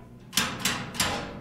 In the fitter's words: love it. Everything locks in place.